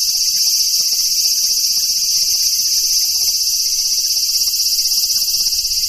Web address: sikioto insect aburazemi